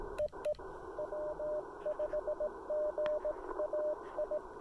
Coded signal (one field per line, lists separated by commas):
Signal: Morse code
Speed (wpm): 17 wpm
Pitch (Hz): 600 Hz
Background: none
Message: EE W5GAI